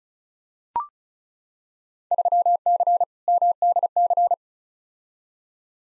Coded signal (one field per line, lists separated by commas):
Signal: Morse code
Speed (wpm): 36 wpm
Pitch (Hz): 700 Hz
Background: none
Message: 3C MDC